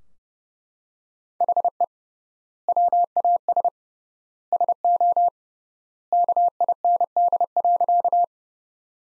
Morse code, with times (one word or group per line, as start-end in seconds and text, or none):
1.4-1.8 HE
2.7-3.7 WAS
4.5-5.3 SO
6.1-8.2 KIND.